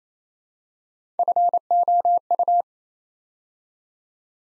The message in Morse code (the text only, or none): FOU